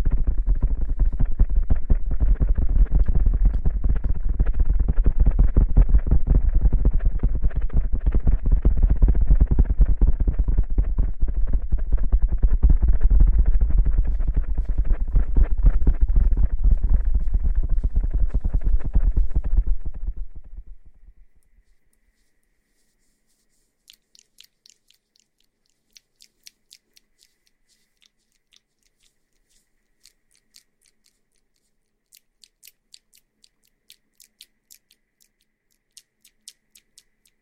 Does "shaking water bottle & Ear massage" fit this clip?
yes